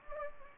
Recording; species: mosquito wingbeat signal from an infrared sensor; Anopheles gambiae